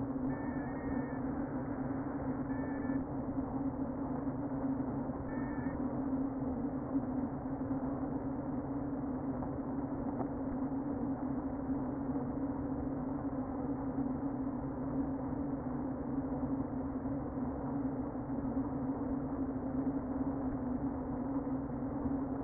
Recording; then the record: honeybee colony, microphone inside the hive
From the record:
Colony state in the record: queen present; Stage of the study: before two queens were removed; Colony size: about 60,000 bees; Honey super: yes